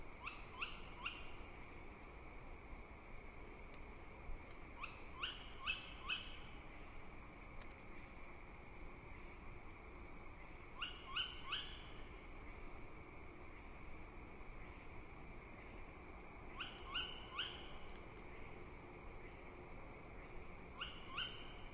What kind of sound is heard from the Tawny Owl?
call